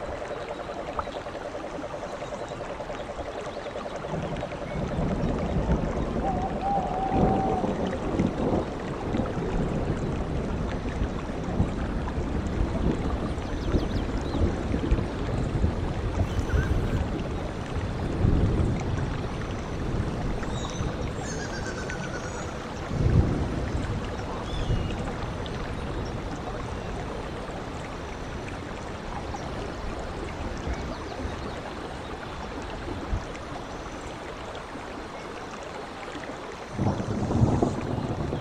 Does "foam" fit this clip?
no